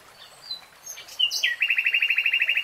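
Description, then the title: Nightingale song: a few scattered chirps and whistles give way to a fast, even series of repeated notes. Nightingale singing, recorded in real time. "[Tiếng chim hót] Nightingale Singing"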